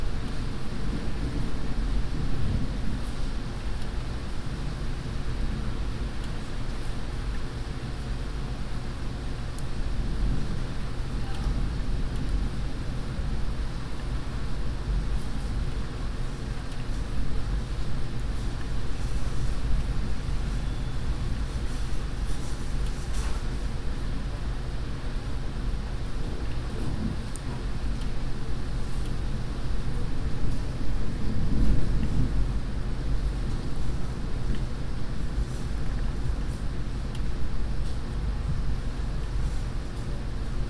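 Rain heard from inside an apartment, muffled into a steady, dense low rumble that barely changes over the whole stretch. Faint scattered ticks and taps sit above it, with slight swells in loudness around the 20 and 32 second marks.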